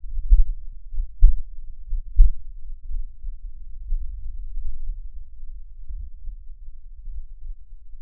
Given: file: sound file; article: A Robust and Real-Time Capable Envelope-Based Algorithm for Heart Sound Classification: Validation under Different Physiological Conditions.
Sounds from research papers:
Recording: heart sounds by electronic stethoscope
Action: rest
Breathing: deep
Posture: sitting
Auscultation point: Erb’s point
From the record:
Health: healthy, no known heart disease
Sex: male

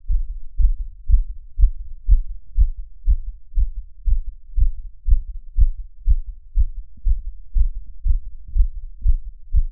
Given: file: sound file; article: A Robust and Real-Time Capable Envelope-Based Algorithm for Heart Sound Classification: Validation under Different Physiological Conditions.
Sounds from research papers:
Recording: heart sounds by electronic stethoscope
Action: after 5 min of sport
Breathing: deep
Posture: sitting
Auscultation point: Erb’s point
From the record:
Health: healthy, no known heart disease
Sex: male

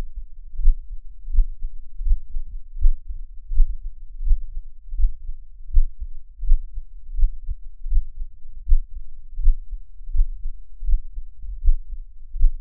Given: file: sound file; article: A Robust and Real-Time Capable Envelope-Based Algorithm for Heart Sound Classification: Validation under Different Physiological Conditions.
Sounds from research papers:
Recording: heart sounds by electronic stethoscope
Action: after 5 min of sport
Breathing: deep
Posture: sitting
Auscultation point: Erb’s point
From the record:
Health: healthy, no known heart disease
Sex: male

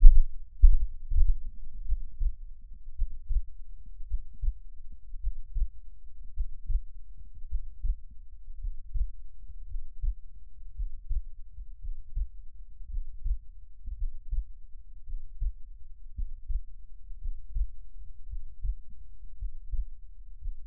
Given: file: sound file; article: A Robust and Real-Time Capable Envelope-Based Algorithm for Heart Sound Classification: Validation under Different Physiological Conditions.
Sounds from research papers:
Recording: heart sounds by electronic stethoscope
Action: rest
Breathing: normal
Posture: lying on right side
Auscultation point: Erb’s point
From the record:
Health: healthy, no known heart disease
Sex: male

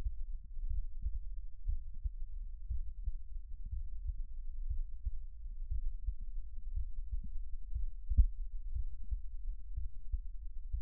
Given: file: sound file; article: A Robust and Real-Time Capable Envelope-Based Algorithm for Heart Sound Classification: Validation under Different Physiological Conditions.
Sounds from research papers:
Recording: heart sounds by electronic stethoscope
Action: rest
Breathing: normal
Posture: lying on right side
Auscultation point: Erb’s point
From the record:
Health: healthy, no known heart disease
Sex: male

